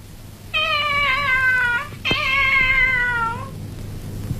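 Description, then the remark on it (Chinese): A kitten that got into a drawer in a classroom meows twice in a row, each cry long, high-pitched and drawn out with a slightly falling tone, heard alone over a low steady background hum. “一只小猫不知道怎么跑到抽屉里，又在教室里乱蹦乱跳的，他们在帮我抓。”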